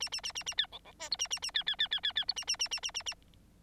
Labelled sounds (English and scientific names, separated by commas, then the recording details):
Bengalese Finch (Lonchura striata domestica) song
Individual Bird9